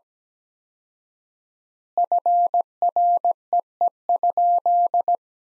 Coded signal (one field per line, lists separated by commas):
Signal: Morse code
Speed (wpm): 17 wpm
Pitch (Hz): 700 Hz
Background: none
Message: FREE?